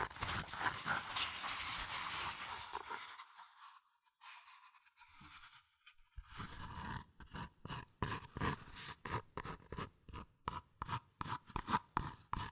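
Dense scratching and rubbing on cardboard and paper fills the first three seconds, thins to soft traces, then fast rhythmic tapping takes over.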